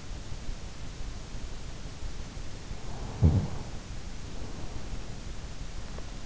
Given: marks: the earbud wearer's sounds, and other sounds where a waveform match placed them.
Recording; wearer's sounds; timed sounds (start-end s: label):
sounds in sleep by an in-ear microphone; snoring breath
3.06-4.23 s: snoring breath